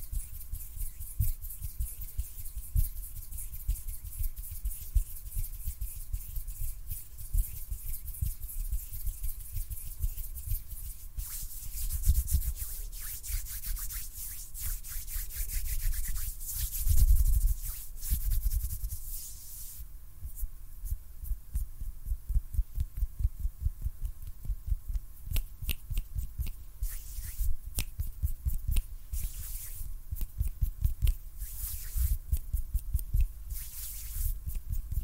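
Hand sounds: dense, scratchy rubbing and brushing with a low thumping underneath, continuous for the whole stretch. Bursts grow louder and rougher around 11 to 18 seconds, then after 20 seconds the motion turns choppier, with quick separate strokes and short pauses.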